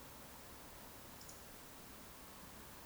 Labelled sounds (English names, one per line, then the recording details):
Eurasian Woodcock whistle
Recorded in Baden-Württemberg, Germany, on 3 June 2021 at 20:07 UTC
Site 49334, 1074 m above sea level